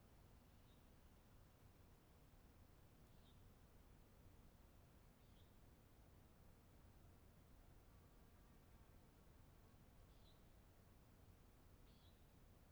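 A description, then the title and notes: Faint, short nighthawk peent calls come every few seconds from high above, above a steady low hiss of forest air. Towards morning twilight the Nightjars return. They circle above calling "peent... peent... peent".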